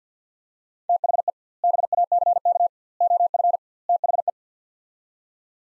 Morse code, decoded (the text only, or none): THE BACK OF THE